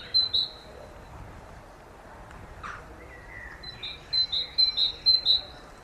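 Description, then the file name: Great tit calls: two sharp high notes, a quiet gap with soft lower sounds, then a quick run of several clipped notes repeated evenly. "Parus major"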